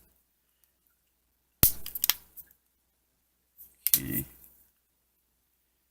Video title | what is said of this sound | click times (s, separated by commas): Alcatel OneTouch Dis-assembly/Assembly | you go push it over top you're clicking around the edges mmm | 1.6 s, 3.9 s